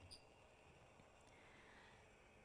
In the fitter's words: again, you will just close it, hear the click, and then fasten the figure 8 safety.